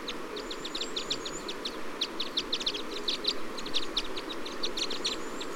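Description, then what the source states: Red crossbill flight calls, a dense stream of quick, repeated chip notes, over thin long whistles and steady background noise. Type E Red Crossbill; flight calls.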